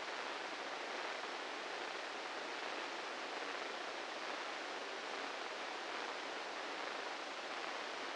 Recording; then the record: brain microelectrode recording played as sound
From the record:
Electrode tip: inside the subthalamic nucleus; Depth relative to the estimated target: -5 mm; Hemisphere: left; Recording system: NeuroSet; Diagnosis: Parkinson's disease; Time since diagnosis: 8 years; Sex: male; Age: 58 years